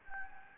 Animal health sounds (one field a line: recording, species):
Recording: mosquito wingbeat signal from an infrared sensor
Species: Anopheles gambiae